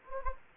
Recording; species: mosquito wingbeat signal from an infrared sensor; Anopheles gambiae